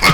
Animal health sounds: pig call; piglet (1 to 25 days)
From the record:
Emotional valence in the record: positive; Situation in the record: reunion after long isolation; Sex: male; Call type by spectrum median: low-frequency call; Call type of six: low-frequency tonal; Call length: 0.14 s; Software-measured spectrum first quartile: 684 Hz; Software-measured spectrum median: 1780 Hz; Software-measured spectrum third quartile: 3104 Hz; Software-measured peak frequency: 157 Hz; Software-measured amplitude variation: 74 dB a second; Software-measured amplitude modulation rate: 18.1 a second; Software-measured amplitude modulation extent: 4.1 dB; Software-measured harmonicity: 0.9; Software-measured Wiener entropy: -1.40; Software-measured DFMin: 868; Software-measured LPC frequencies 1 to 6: 1211, 2147, 3464, 4476, 5161, 6252 Hz

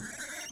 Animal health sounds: pig call; piglet (1 to 25 days)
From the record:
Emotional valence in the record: negative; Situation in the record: short isolation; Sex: male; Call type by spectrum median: high-frequency call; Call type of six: high-frequency stable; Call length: 0.52 s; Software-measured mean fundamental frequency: 302 Hz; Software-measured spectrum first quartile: 1351 Hz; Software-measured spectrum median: 3418 Hz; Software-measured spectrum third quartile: 6920 Hz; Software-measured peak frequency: 1544 Hz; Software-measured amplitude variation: 121 dB a second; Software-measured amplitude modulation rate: 19.2 a second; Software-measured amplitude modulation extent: 6.3 dB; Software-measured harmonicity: 3.1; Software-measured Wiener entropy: -2.06

